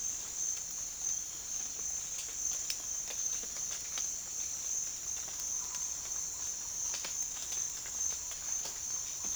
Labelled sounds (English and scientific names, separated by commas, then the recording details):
none
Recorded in secondary vegetation near Puerto Asís, Putumayo, Colombia, on 30 June 2025 at 07:00
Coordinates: 0.485, -76.322
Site GP06